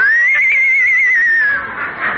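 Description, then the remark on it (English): A Mexican horse whinnies loudly, one long high-pitched call with a shaky, wavering tremble that lasts over a second before breaking into a breathy, rough snort at the end. No one speaks. “So you're a Mexican horse, eh?”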